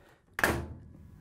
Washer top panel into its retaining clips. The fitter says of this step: you're gonna put it in a position you're gonna press it down so these two retaining clips lock